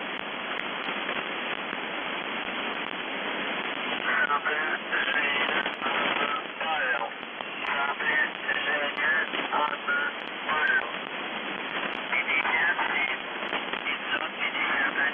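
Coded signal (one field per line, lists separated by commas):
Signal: numbers station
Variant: UVB-76, Russian voice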